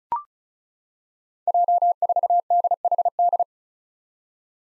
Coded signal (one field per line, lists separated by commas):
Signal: Morse code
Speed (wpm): 36 wpm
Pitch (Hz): 700 Hz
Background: none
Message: J4DHD